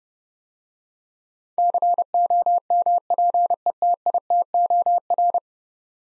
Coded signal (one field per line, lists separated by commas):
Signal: Morse code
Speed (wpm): 30 wpm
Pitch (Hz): 700 Hz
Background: none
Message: COMPETITOR